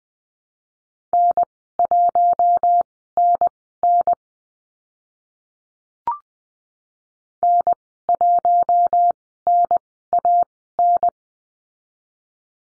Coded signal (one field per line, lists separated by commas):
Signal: Morse code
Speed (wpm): 20 wpm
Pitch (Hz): 700 Hz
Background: none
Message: N1NN N1NAN